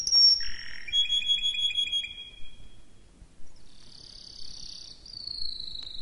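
Canary song in short bursts: a high whistle, a low buzz and a whistled trill, then a pause, then a long, hissing, buzzy tone.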